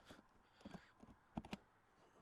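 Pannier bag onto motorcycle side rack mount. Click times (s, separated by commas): 1.4 s, 1.5 s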